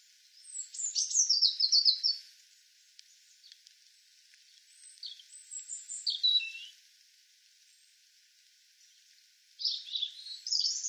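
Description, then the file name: European robin song in three high, sweet twittering phrases of a couple of seconds each, spaced by quiet gaps over faint steady hiss. "Erithacus rubecula"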